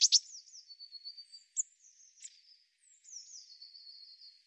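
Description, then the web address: Eurasian blue tit calling: sharp high notes followed by thin, buzzy, slightly descending trills, given in several bursts. "Deverinetal 2025 Bird Cy Ca"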